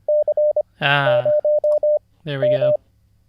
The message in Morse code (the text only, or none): C0M